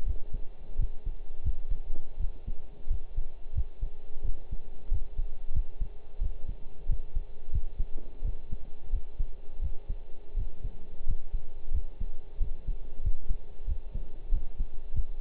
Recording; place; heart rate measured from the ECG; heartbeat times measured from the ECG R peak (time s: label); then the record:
heart sounds by stethoscope; between the tricuspid and mitral areas; 89 bpm
0.06 s: heartbeat
0.79 s: heartbeat
1.44 s: heartbeat
2.20 s: heartbeat
2.90 s: heartbeat
3.55 s: heartbeat
4.24 s: heartbeat
4.91 s: heartbeat
5.54 s: heartbeat
6.21 s: heartbeat
6.89 s: heartbeat
7.52 s: heartbeat
8.24 s: heartbeat
8.93 s: heartbeat
9.62 s: heartbeat
10.36 s: heartbeat
11.07 s: heartbeat
11.74 s: heartbeat
12.40 s: heartbeat
13.03 s: heartbeat
13.67 s: heartbeat
14.31 s: heartbeat
14.94 s: heartbeat
From the record:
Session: pedaling a stationary bicycle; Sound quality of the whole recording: partially saturated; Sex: male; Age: 23 years